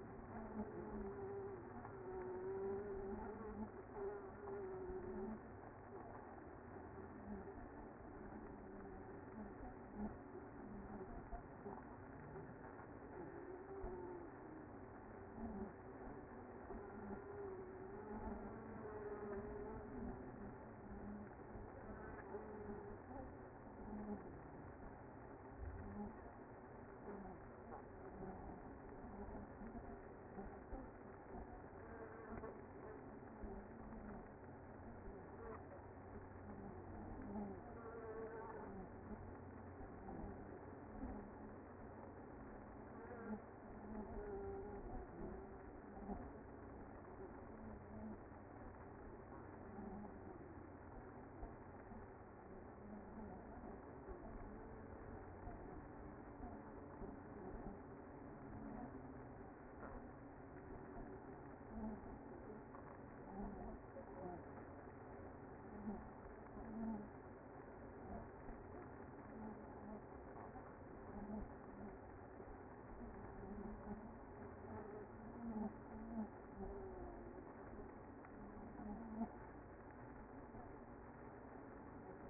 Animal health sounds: honeybee colony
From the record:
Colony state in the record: active

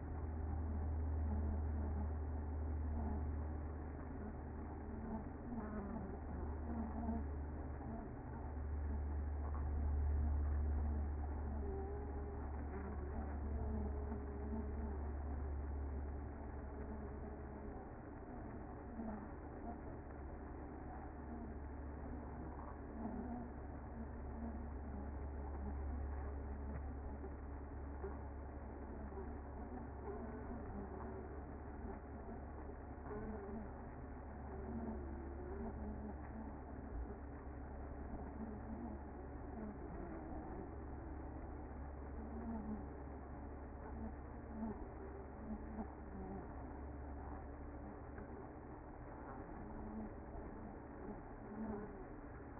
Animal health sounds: honeybee colony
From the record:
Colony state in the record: active

